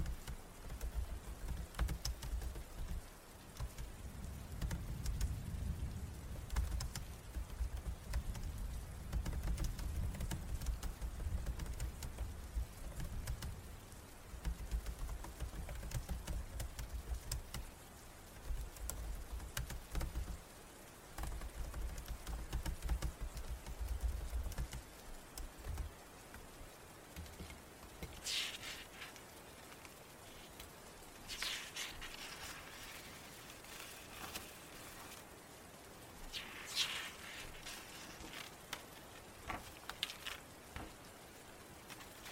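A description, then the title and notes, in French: Steady rain patters, with a low rumble through the first half fading out, then bright crackling ASMR sounds after about 28 seconds. STUDY WITH ME en ASMR (fond pluie et triggers). Fond pluie et bruits ASMR.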